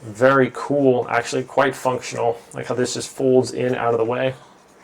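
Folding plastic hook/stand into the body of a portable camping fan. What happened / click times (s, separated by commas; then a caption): Handled, not yet home: the folding plastic part has not snapped into place / none. Someone talks while folding the plastic hook or stand of a portable camping fan with lights in toward the fan's body, out of the way so it won't get broken. The part is handled but has not snapped into its stowed position; nothing has seated or clicked yet.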